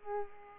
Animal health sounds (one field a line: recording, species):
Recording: mosquito wingbeat signal from an infrared sensor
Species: Culex pipiens